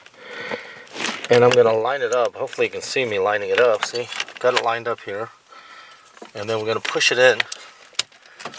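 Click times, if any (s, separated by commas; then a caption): 8.0 s. Someone talks while lining up a brake controller adapter harness plug with the second slot of the under-dash fuse box on a 2003 Silverado 2500HD truck, then pushes it in. A small, sharp click sounds at 8.0 s as the plug seats in the fuse box.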